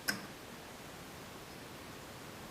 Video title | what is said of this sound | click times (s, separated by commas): Roto-Fab ZL1 cold air intake installation video | You're going to want to slide it straight down until you hear it click. | 0.1 s